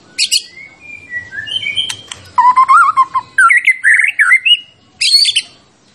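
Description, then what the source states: White-rumped shama song: a brief high burst, soft drawn-out whistles, then louder wavering warbled phrases and a final high burst. Champion bird; recording used for song training (masteran).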